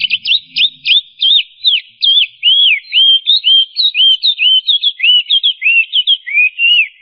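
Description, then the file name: Chinese hwamei singing a continuous stream of loud, slurred whistled notes, rising and falling, with phrases repeated several times in quick succession. "audio-kicauan-burung-hwamei -omkicau"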